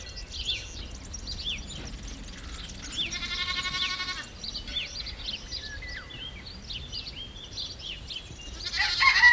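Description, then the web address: Goat bleat: one bleat about a second long near the middle, over steady chirping and twittering of small birds throughout, with a brief rustle at the end. Countryside ambience recorded at a goat camp. "Countryside Amb Camp Chevres"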